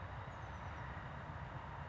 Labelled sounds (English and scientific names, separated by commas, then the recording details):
Oak Titmouse (Baeolophus inornatus)
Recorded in Sonoma County, California